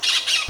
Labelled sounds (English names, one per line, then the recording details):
Brown-throated Parakeet contact call
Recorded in Venezuela
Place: Ocumare, La Boca, salina
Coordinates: 10.488, -67.763